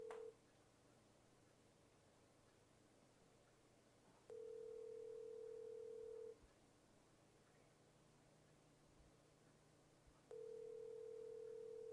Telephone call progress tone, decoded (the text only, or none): ringback tone